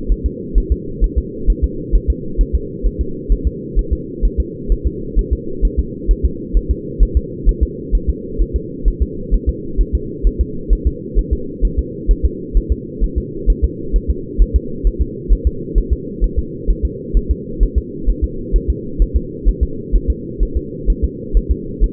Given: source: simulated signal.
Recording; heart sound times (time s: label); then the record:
fetal heart sounds
0.12 s: S1
0.26 s: S2
0.58 s: S1
0.72 s: S2
1.04 s: S1
1.18 s: S2
1.50 s: S1
1.64 s: S2
1.95 s: S1
2.10 s: S2
2.41 s: S1
2.55 s: S2
2.87 s: S1
3.01 s: S2
3.32 s: S1
3.47 s: S2
3.79 s: S1
3.93 s: S2
4.25 s: S1
4.40 s: S2
4.72 s: S1
4.87 s: S2
5.19 s: S1
5.33 s: S2
5.65 s: S1
5.80 s: S2
6.11 s: S1
6.25 s: S2
6.57 s: S1
6.71 s: S2
7.03 s: S1
7.17 s: S2
7.49 s: S1
7.63 s: S2
7.95 s: S1
8.09 s: S2
8.42 s: S1
8.56 s: S2
8.88 s: S1
9.03 s: S2
9.34 s: S1
9.49 s: S2
9.81 s: S1
9.95 s: S2
10.27 s: S1
10.41 s: S2
10.73 s: S1
10.87 s: S2
11.19 s: S1
11.33 s: S2
11.65 s: S1
11.79 s: S2
12.11 s: S1
12.25 s: S2
12.57 s: S1
12.72 s: S2
13.04 s: S1
13.18 s: S2
13.50 s: S1
13.65 s: S2
13.96 s: S1
14.11 s: S2
14.42 s: S1
14.56 s: S2
14.87 s: S1
15.02 s: S2
15.33 s: S1
15.47 s: S2
15.78 s: S1
15.93 s: S2
16.24 s: S1
16.39 s: S2
16.70 s: S1
16.85 s: S2
17.17 s: S1
17.31 s: S2
17.63 s: S1
17.78 s: S2
18.09 s: S1
18.24 s: S2
18.56 s: S1
18.70 s: S2
19.02 s: S1
19.17 s: S2
19.49 s: S1
19.63 s: S2
19.96 s: S1
20.10 s: S2
20.43 s: S1
20.57 s: S2
20.90 s: S1
21.04 s: S2
21.37 s: S1
21.52 s: S2
21.84 s: S1
From the record:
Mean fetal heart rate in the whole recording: 130 bpm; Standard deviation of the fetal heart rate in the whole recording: 2 bpm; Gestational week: 36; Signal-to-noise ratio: -4.3 dB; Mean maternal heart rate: 72 bpm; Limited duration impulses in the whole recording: absent